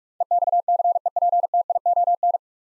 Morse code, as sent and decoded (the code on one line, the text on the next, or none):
. -..- -.-. . .--. - .. --- -.
EXCEPTION